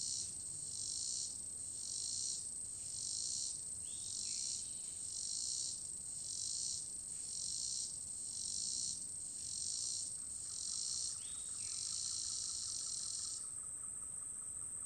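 Cricket chirping: a steady high ringing tone under pulsed trills repeating roughly every second, with a few brief sliding bird calls in between.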